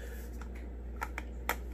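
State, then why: Seated. A plastic water filter cartridge is twisted into its housing in a refrigerator until it locks into place. Over a low steady hum, a few faint ticks lead to sharp plastic clicks at 1.2 s and 1.5 s, the last one loudest. The filter is seated and locked in.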